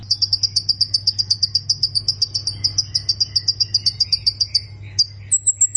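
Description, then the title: Plain prinia rapidly repeating high, buzzy notes in a long even series, then a short burst of thinner, higher whistles to close; low hum in background. "Ciblek Sawah"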